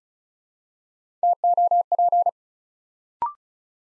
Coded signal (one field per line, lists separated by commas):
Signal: Morse code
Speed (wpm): 36 wpm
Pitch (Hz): 700 Hz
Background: none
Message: TOP